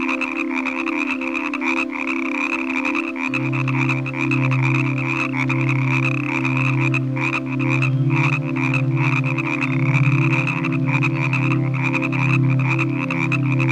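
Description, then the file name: Frog croaking, rough pulsing calls about once a second, joined after a few seconds by a deep continuous tone. "Nature Collection - Croak Frog Calls"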